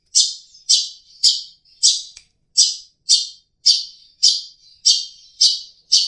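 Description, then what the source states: Long-tailed shrike repeating sharp high notes roughly twice a second in a steady series. Known locally as cendet; a master song recording used for training songbirds.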